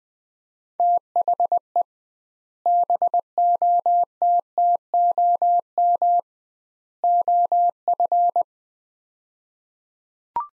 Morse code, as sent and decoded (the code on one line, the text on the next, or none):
- .... . / -... --- - - --- -- / --- ..-.
THE BOTTOM OF